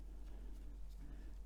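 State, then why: Not seated. A GPS module is being fitted onto the new plastic upper frame of a DJI Avata, a small FPV drone, before it is screwed down. Only a steady low rumble and faint handling noise are heard, with no talk in the clip. The module does not line up with the frame, and nothing has snapped or clicked into place yet.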